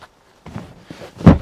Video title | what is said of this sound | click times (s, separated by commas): Differences between the Rib and the Rock N Roll bed. Explained. | and clicks into place | 1.3 s